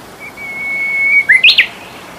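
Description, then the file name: Japanese bush warbler singing one phrase: a held, level whistle that breaks into a brisk three-note flourish at the end. "uguisu"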